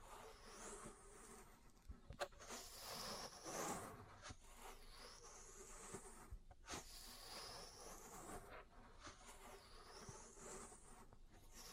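Ear cleaning and massage sounds: soft, close rubbing and buzzing scrapes with sharp taps near 2, 6.5 and 9 seconds, and bright rising sweeps.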